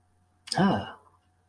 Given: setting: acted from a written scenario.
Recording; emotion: vocal sound without words; pride